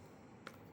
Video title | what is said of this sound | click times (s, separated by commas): PVS-14 Tie-Down Tutorial + Mounting/Securing to Helmet | is rock down. You'll hear that that audible click and your | 0.5 s